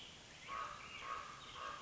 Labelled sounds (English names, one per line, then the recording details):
Common Raven
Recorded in Sonoma County, California